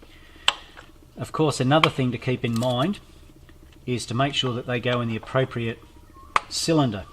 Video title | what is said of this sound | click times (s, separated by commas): Tight As #2 How To Replace Spark Plugs | have to sit on top of the spark plug and then you'll push them into place you'll hear it click down of course | 0.5 s